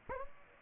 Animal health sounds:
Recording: mosquito wingbeat signal from an infrared sensor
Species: Aedes aegypti

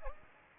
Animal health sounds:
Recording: mosquito wingbeat signal from an infrared sensor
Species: Aedes aegypti

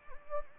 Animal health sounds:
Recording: mosquito wingbeat signal from an infrared sensor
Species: Anopheles gambiae

